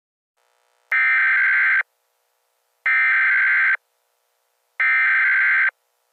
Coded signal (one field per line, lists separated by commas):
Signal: Emergency Alert System (SAME) tones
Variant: header bursts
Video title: EAS Scenario #2 - When Gangsters Attack